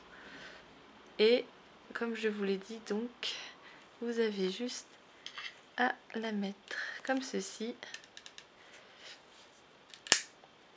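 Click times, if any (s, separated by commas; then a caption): 10.1 s. A plastic cloud-shaped fin piece is fitted onto the tail of a 2018 Barbie Dreamtopia Rainbow Curvy Mermaid doll while someone talks. A few lighter handling taps come before one sharp plastic click at 10.1 s, when the piece locks into place. Once the click engages, the fin can no longer be removed, so it is properly fitted.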